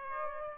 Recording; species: mosquito wingbeat signal from an infrared sensor; Aedes aegypti